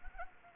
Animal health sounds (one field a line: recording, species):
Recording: mosquito wingbeat signal from an infrared sensor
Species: Anopheles gambiae